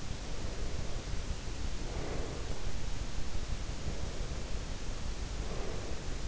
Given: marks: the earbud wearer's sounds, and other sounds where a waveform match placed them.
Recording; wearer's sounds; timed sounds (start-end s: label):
sounds in sleep by an in-ear microphone; breath
0.21-2.78 s: breath
3.81-6.28 s: breath